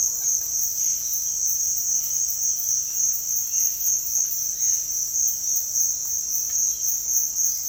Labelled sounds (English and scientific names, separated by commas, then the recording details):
none
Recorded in dense forest near Puerto Asís, Putumayo, Colombia, on 18 February 2024 at 06:30
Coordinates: 0.496, -76.326
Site G6383